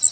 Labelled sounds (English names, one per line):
Yellow Warbler flight call